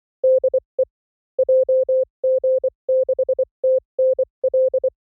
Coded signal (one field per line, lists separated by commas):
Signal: Morse code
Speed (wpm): 24 wpm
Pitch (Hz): 520 Hz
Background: none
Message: DE JG6TNL